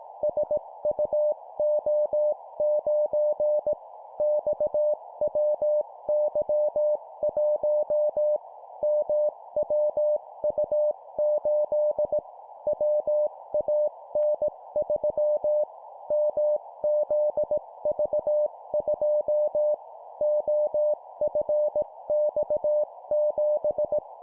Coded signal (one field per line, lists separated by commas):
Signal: Morse code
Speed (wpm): 18 wpm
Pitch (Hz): 600 Hz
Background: none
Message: SUO9 XWY1 MWU8 WAN3 MZV2 OFX7